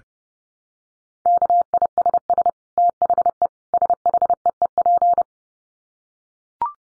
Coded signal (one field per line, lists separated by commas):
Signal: Morse code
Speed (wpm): 30 wpm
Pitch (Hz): 700 Hz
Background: none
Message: KISS THE SHEEP